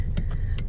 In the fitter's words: as you could hear that was clicking